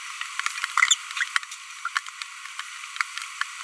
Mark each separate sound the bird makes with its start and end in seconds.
1.85-1.88